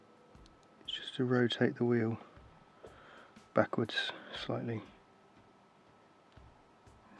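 Someone talks while the metal day wheel of a Seiko SKX with a 7S26 movement is turned backwards slightly to line it up in the movement's calendar works. It is only being handled, and nothing has clicked into place yet.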